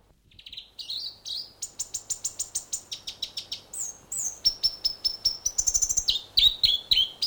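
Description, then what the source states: North Island robin singing a rapid chain of sharp, high whistled notes, opening softly and then stepping between pitches in quick repeated groups. New Zealand.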